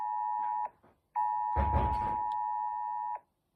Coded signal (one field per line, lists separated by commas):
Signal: Emergency Alert System (SAME) tones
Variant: 853 and 960 Hz attention tone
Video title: UK government emergency alert system ￼